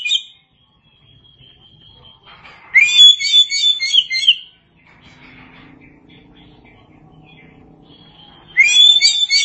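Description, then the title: Oriental magpie-robin song with a dense burst of sweet, jumbled high notes lasting about two seconds, a quieter stretch, then another phrase starting near the end. Chirping song. "Suara Kicauan Burung Kacer"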